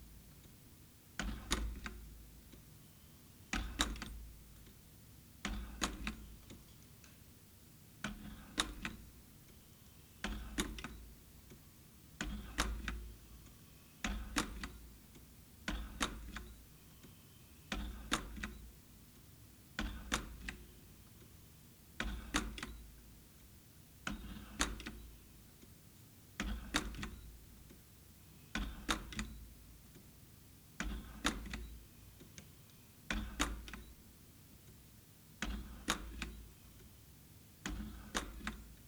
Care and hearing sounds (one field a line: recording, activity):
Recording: daily activity, guitar pickup as the sensor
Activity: manipulate door